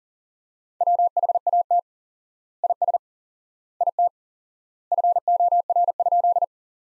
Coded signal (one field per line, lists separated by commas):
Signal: Morse code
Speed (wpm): 37 wpm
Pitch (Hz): 700 Hz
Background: none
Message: WHAT IS IT FOR?